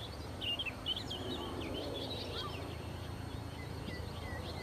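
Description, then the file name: Common nightingale song: a quick jumble of twisting warbled notes, then a few scattered phrases over steady background noise. "Nachtigall"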